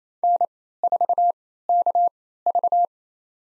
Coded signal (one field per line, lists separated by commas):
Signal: Morse code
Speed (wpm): 28 wpm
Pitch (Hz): 700 Hz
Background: none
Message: N4KV